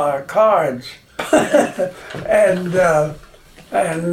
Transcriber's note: laughs